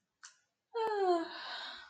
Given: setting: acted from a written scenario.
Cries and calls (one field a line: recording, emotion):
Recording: vocal sound without words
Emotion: serenity